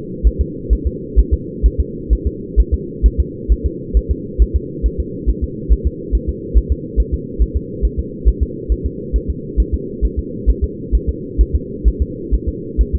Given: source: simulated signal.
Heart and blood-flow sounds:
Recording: fetal heart sounds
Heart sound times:
0.27 s: S1
0.41 s: S2
0.73 s: S1
0.87 s: S2
1.19 s: S1
1.34 s: S2
1.66 s: S1
1.80 s: S2
2.13 s: S1
2.27 s: S2
2.60 s: S1
2.74 s: S2
3.06 s: S1
3.20 s: S2
3.52 s: S1
3.66 s: S2
3.97 s: S1
4.11 s: S2
4.42 s: S1
4.56 s: S2
4.86 s: S1
5.00 s: S2
5.29 s: S1
5.44 s: S2
5.73 s: S1
5.87 s: S2
6.15 s: S1
6.29 s: S2
6.57 s: S1
6.72 s: S2
7.00 s: S1
7.14 s: S2
7.42 s: S1
7.57 s: S2
7.85 s: S1
7.99 s: S2
8.28 s: S1
8.43 s: S2
8.72 s: S1
8.86 s: S2
9.16 s: S1
9.30 s: S2
9.60 s: S1
9.74 s: S2
10.05 s: S1
10.19 s: S2
10.50 s: S1
10.64 s: S2
10.95 s: S1
11.09 s: S2
11.41 s: S1
11.55 s: S2
11.88 s: S1
12.02 s: S2
12.34 s: S1
12.49 s: S2
12.81 s: S1
12.95 s: S2
From the record:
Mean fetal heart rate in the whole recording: 135 bpm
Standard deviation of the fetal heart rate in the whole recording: 3 bpm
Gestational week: 34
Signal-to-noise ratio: -4.1 dB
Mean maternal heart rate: no maternal heart sound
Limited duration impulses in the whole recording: absent

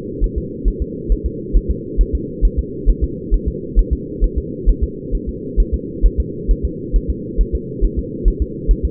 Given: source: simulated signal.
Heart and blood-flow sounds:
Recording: fetal heart sounds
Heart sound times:
0.24 s: S1
0.38 s: S2
0.68 s: S1
0.82 s: S2
1.12 s: S1
1.26 s: S2
1.56 s: S1
1.71 s: S2
2.01 s: S1
2.15 s: S2
2.45 s: S1
2.59 s: S2
2.90 s: S1
3.04 s: S2
3.34 s: S1
3.48 s: S2
3.79 s: S1
3.93 s: S2
4.24 s: S1
4.38 s: S2
4.69 s: S1
4.84 s: S2
5.15 s: S1
5.29 s: S2
5.60 s: S1
5.74 s: S2
6.06 s: S1
6.20 s: S2
6.51 s: S1
6.65 s: S2
6.96 s: S1
7.10 s: S2
7.41 s: S1
7.55 s: S2
7.85 s: S1
7.99 s: S2
8.28 s: S1
8.42 s: S2
8.71 s: S1
8.85 s: S2
From the record:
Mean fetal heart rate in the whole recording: 135 bpm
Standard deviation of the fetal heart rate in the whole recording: 3 bpm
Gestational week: 36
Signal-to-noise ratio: -4.1 dB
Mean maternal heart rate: no maternal heart sound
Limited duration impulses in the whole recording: absent

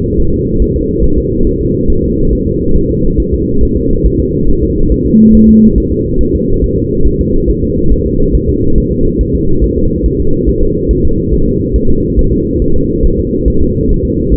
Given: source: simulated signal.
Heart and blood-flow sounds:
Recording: fetal heart sounds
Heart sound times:
0.20 s: S1
0.34 s: S2
0.62 s: S1
0.76 s: S2
1.04 s: S1
1.18 s: S2
1.47 s: S1
1.61 s: S2
1.90 s: S1
2.04 s: S2
2.33 s: S1
2.47 s: S2
2.76 s: S1
2.91 s: S2
3.20 s: S1
3.34 s: S2
3.63 s: S1
3.77 s: S2
4.06 s: S1
4.20 s: S2
4.49 s: S1
4.63 s: S2
4.92 s: S1
5.06 s: S2
5.35 s: S1
5.49 s: S2
5.78 s: S1
5.92 s: S2
6.21 s: S1
6.35 s: S2
6.64 s: S1
6.78 s: S2
7.07 s: S1
7.21 s: S2
7.49 s: S1
7.64 s: S2
7.92 s: S1
8.06 s: S2
8.35 s: S1
8.49 s: S2
8.78 s: S1
8.92 s: S2
9.21 s: S1
9.35 s: S2
9.64 s: S1
9.78 s: S2
10.06 s: S1
10.20 s: S2
10.49 s: S1
10.63 s: S2
10.91 s: S1
11.05 s: S2
11.34 s: S1
11.48 s: S2
11.76 s: S1
11.90 s: S2
12.19 s: S1
12.33 s: S2
12.62 s: S1
12.76 s: S2
13.05 s: S1
13.19 s: S2
13.48 s: S1
13.62 s: S2
13.91 s: S1
14.05 s: S2
14.34 s: S1
From the record:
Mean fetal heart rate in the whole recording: 140 bpm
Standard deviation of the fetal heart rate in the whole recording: 2 bpm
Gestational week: 34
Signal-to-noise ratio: -17.7 dB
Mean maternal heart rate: 72 bpm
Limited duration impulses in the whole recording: present

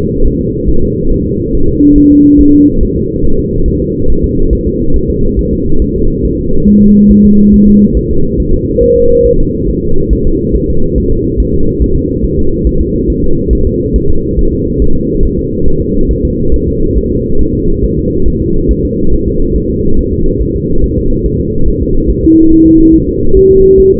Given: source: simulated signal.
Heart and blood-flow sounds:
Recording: fetal heart sounds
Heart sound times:
0.26 s: S1
0.41 s: S2
0.69 s: S1
0.84 s: S2
1.12 s: S1
1.26 s: S2
1.55 s: S1
1.69 s: S2
1.98 s: S1
2.12 s: S2
2.41 s: S1
2.55 s: S2
2.83 s: S1
2.97 s: S2
3.25 s: S1
3.40 s: S2
3.68 s: S1
3.82 s: S2
4.10 s: S1
4.24 s: S2
4.53 s: S1
4.67 s: S2
4.96 s: S1
5.10 s: S2
5.39 s: S1
5.53 s: S2
5.82 s: S1
5.96 s: S2
6.25 s: S1
6.39 s: S2
6.69 s: S1
6.83 s: S2
7.12 s: S1
7.26 s: S2
7.54 s: S1
7.68 s: S2
7.97 s: S1
8.11 s: S2
8.40 s: S1
8.54 s: S2
8.83 s: S1
8.97 s: S2
9.26 s: S1
9.40 s: S2
9.69 s: S1
9.84 s: S2
10.13 s: S1
10.27 s: S2
10.56 s: S1
10.70 s: S2
10.98 s: S1
11.12 s: S2
11.40 s: S1
11.54 s: S2
11.82 s: S1
11.96 s: S2
12.25 s: S1
12.39 s: S2
12.67 s: S1
12.81 s: S2
13.10 s: S1
13.24 s: S2
13.53 s: S1
13.67 s: S2
13.96 s: S1
14.10 s: S2
14.39 s: S1
14.53 s: S2
14.82 s: S1
14.96 s: S2
15.25 s: S1
15.39 s: S2
15.68 s: S1
15.82 s: S2
16.11 s: S1
16.25 s: S2
16.54 s: S1
16.68 s: S2
16.98 s: S1
17.12 s: S2
17.41 s: S1
17.55 s: S2
17.84 s: S1
17.99 s: S2
18.28 s: S1
18.42 s: S2
18.71 s: S1
18.85 s: S2
19.14 s: S1
19.28 s: S2
19.56 s: S1
19.70 s: S2
19.99 s: S1
20.13 s: S2
20.41 s: S1
20.56 s: S2
20.84 s: S1
20.98 s: S2
21.26 s: S1
21.40 s: S2
21.68 s: S1
21.82 s: S2
22.10 s: S1
22.25 s: S2
22.52 s: S1
22.66 s: S2
22.94 s: S1
23.09 s: S2
23.37 s: S1
23.51 s: S2
23.80 s: S1
23.94 s: S2
From the record:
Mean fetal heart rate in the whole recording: 140 bpm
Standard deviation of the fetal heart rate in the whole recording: 2 bpm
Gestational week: 34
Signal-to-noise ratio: -19.1 dB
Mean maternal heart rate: 72 bpm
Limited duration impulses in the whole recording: present

